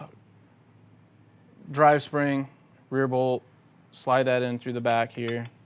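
A man talks while the drive spring and rear bolt of a Tippmann TMC paintball marker are slid in through the back of the marker body. The part is handled but not yet home, and nothing has seated or clicked yet.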